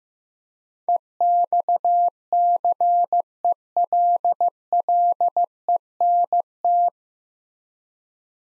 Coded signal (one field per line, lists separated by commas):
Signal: Morse code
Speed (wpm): 15 wpm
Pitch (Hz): 700 Hz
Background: none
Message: EXCELLENT